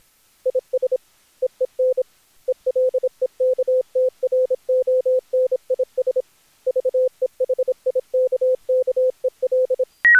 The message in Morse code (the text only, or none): IS EEN ELEKTRONIS VEHIKKEL